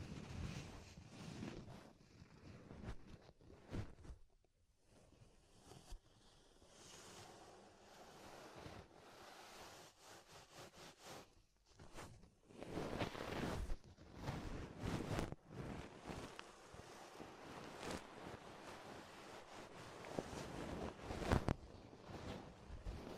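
Ear exploration sounds: dense rubbing, scratching and crackling that swell and fade in uneven bursts, with a near-silent dip around five seconds. Activity grows busier after twelve seconds, with sharp crackly spikes and a low rushing undertone like wind or surf.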